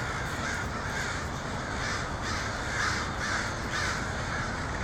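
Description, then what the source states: Crows uttering harsh caws about twice a second against a constant low background noise. Crows in Portland (pdx), 23 October 2018.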